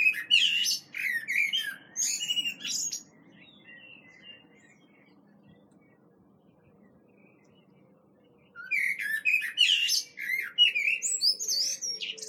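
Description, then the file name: Common blackbird delivering two warbling song phrases separated by a long quiet gap, each rich and fluty with sharp, high twittering notes. "Turdus merula"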